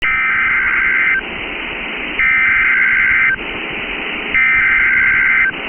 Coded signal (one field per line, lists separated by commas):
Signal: Emergency Alert System (SAME) tones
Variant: header bursts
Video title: Special Marine Warning (12/25/25) [EAS #341]